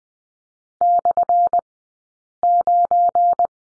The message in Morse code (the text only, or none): /9